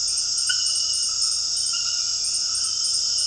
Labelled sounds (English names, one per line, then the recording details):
none
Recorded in dense forest near Puerto Asís, Putumayo, Colombia, on 20 February 2024 at 22:00
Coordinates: 0.481, -76.318
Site G6421